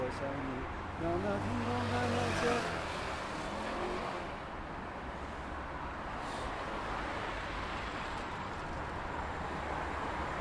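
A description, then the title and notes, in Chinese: City sound: a steady, dense wash of traffic noise runs through the whole ten seconds, with a low engine rumble underneath. In the first three seconds, voices and a few brief tonal sounds rise above it, then the traffic continues evenly to the end. 坐在300快外晒太阳｜城市声音。很喜欢300快外公交，坐在二层的第一排，被太阳从头到脚晒着，很浪漫。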